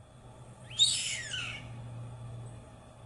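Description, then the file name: White hawk scream: one hoarse, harsh screech sliding downward and lasting about a second, over a low steady hum. "canto do gaviao branco"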